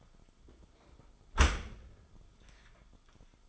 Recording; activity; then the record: daily activity, microphone in the room; close dishwasher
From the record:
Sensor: 5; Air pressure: 1004.7 hPa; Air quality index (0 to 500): 93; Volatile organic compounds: 2 ppm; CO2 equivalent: 1126 ppm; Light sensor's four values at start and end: 33/77/31/30 and 33/76/31/30